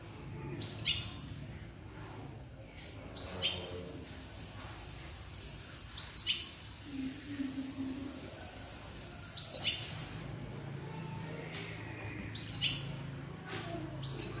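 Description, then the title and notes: Greater green leafbird calls: short, sharp, high notes at irregular intervals of a few seconds, with a low hum in the background. Bird singing persistently (gacor), in the ngentrok style with its crest raised (jambul nembak); a melodious recording meant as a master for training cucak ijo birds. "Cucak Ijo Gacor Ngentrok Jambul Nembak. suara burung cucak ijo gacor, merdu cocok buat masteran burung cucak ijo"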